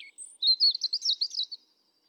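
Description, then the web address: European robin song: a brief high phrase, a thin note followed by a smooth, fluttering warble held at one high pitch. Recorded 31 July 2017. "SETE data Erithacus rubecula"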